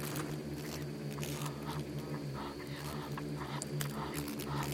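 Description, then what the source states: Insects in a swarm hum low and steadily while sharp crackling ticks come irregularly, some in quick bursts. Bugs and beetles swarming in the Namib desert; a desert seeming quiet at first listen but full of soundscapes and micro-sounds.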